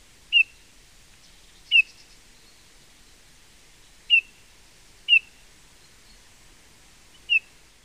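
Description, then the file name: Eurasian bullfinch calling with brief, mellow piped notes, five in total at uneven intervals of about one to two and a half seconds, over a faint hiss. "Pyrrhula pyrrhula"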